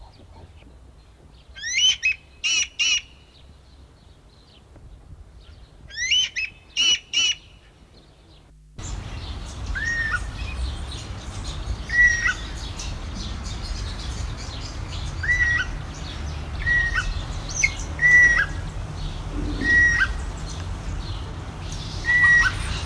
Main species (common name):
Common Green Magpie